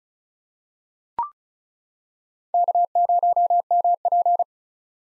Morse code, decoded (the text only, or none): K0MP